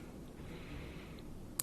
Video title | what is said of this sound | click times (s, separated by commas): How To Install The Bobbin And Raise The Bobbin Thread - Beginners Tutorial Singer Promise | and it will click into place. | 1.6 s